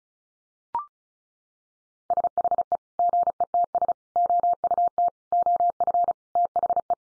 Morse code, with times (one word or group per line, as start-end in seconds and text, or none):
2.1-2.8 SHE
3.0-3.9 GETS
4.2-5.1 OUT
5.3-6.1 OF
6.4-6.9 THE